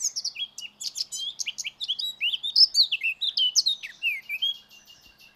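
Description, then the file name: Eurasian blackcap song: a rapid, continuous warble of mixed twittering and clear fluting notes, growing louder in the middle and fading at the end. "Sylvia atricapilla"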